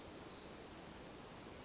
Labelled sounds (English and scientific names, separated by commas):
Western Flycatcher (Empidonax difficilis)